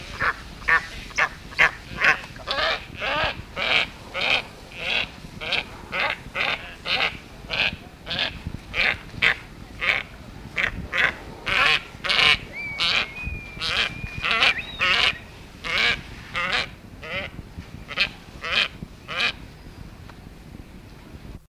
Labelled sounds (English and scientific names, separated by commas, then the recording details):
Steppe Eagle (Aquila nipalensis) call
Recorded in captivity
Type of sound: call
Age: adult
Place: Greifvogelwarte Berlebeck Detmold, Nordrhein-Westfalen, DE
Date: 1971-09-05
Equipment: Halbspur, 9,5 cm/s
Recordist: Lütgens, Hans
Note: Rufe